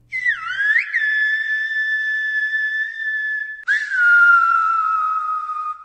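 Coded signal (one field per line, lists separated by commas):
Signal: whistled language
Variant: Silbo Gomero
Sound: a clear whistle gliding up and down, then two long slowly falling held notes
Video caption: Und wenn eine Sprache es schafft, mehr wie gesungen als wie gesprochen zu klingen, (pfeift)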